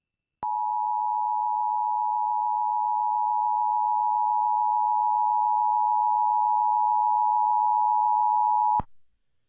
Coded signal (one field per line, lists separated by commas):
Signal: Emergency Alert System (SAME) tones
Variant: 853 and 960 Hz attention tone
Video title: Moderate Madness | EAS Alerts from 3/2/23 (EAS #306-330)